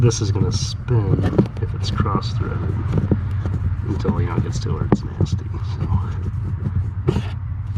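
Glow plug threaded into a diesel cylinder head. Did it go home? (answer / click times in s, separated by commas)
no / none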